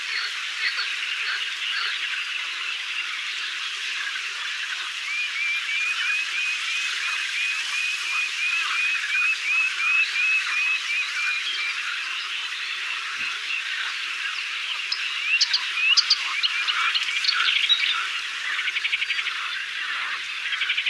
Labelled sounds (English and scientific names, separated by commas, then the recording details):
Moustached Warbler (Acrocephalus melanopogon) song
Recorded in the wild
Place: Damtschik/Wolgadelta, RU
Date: 1995-05-13
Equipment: Dat-Recorder Casio DA 7, Telinga DAT, Telinga-Parabolspiegel
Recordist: Schwarz, Dieter